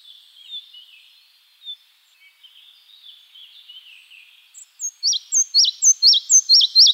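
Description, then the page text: Red-breasted flycatcher song: faint, soft high notes at first, then a loud, rhythmic string of sharp repeated high notes in the final two seconds. Recorded in Iran. "پرندگان ایران: مگس گیر سینه سرخ. مگس گیر سینه سرخ - صدا. Red-breasted Flycatcher"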